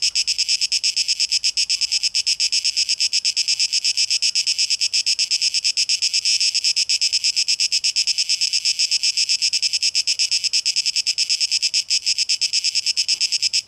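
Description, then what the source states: Cicadas sounding a shrill, continuous buzz with very rapid pulsing that barely varies over the whole stretch. Cicadas on 12 August 2023.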